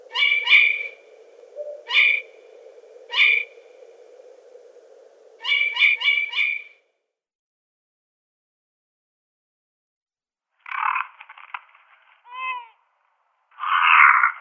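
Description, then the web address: Long-eared owl calls: short harsh barking notes, then a quick run of four, and after a pause rasping hisses with a brief squeal between them. "Schulze Peter Long-eared Owl"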